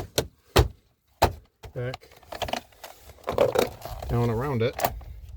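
A replacement vinyl siding panel, fitted to repair melted siding, is handled and pushed so its lock edge will snap over the siding course below. Sharp handling knocks come at about 0.2, 0.6 and 1.2 s, followed by lighter rattling taps while someone talks. Nothing has seated or clicked into place yet by the end of the clip.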